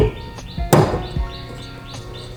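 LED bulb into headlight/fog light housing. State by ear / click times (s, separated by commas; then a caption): seated / 0.7 s. An LED bulb, a Diode Dynamics light for a 2019 Chevy Colorado ZR2 Bison, is pushed into the headlight/fog light housing and given a quarter turn onto the plug housing. A sharp, loud click comes at 0.7 s during the turn, over faint steady background tones, followed by a few softer knocks. The bulb twist-locks and seats into place.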